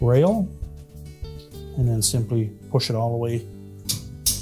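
A plastic rack stop is pushed onto the end of a dishwasher rack rail, locking tab facing outward, while someone talks over background music with guitar. One sharp snap at 4.3 seconds marks the stop seating in place on the rail.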